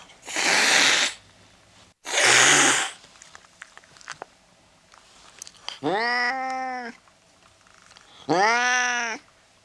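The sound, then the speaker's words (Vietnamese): Two harsh, breathy bursts of noise come first, followed by a pause with faint clicks, then two loud, drawn-out cat meows with a rising-then-falling, strongly tonal pitch. “Đêm tân hôn, có con mèo ở đâu nhảy lên xà nhà, nhìn ông tôi rồi bảo: "Tao đây, tao đây."”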